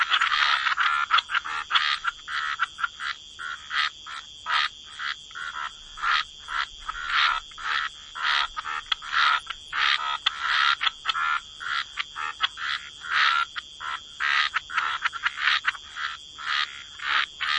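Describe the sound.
Frog chorus with many short pulsed croaks above a constant thin high tone.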